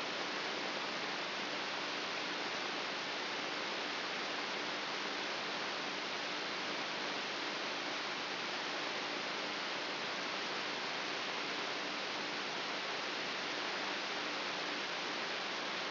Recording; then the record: brain microelectrode recording played as sound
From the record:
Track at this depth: inside the subthalamic nucleus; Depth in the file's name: 4.24 mm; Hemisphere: right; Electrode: 3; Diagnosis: Parkinson's disease